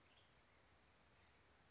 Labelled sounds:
Western Tanager (Piranga ludoviciana)
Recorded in Sonoma County, California

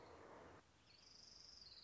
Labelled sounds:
Orange-crowned Warbler (Leiothlypis celata)
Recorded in Sonoma County, California

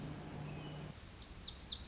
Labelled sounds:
Lazuli Bunting (Passerina amoena)
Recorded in Sonoma County, California

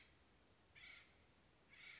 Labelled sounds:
Acorn Woodpecker (Melanerpes formicivorus)
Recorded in Sonoma County, California

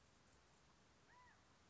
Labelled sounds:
California Quail (Callipepla californica)
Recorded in Sonoma County, California

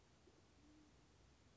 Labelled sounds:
Band-tailed Pigeon (Patagioenas fasciata)
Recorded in Sonoma County, California

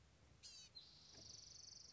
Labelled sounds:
Blue-gray Gnatcatcher (Polioptila caerulea)
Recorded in Sonoma County, California

